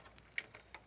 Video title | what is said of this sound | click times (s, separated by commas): How to Build a Gaming PC in 2022 | push it in until it clicks. | 0.4 s